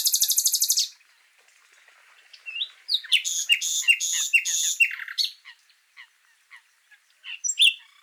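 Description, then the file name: Common nightingale song: a fast high trill, a pause, then a rich sequence of varied whistles, buzzy rattles and clicks, fading into scattered notes. "Luscinia megarhynchos"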